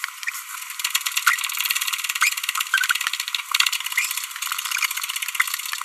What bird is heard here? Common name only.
Green-rumped Parrotlet